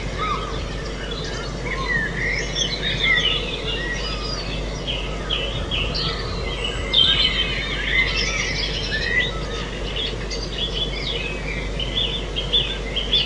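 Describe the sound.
Bird: birdsong, a busy mix of chirps and whistled notes over steady background noise throughout.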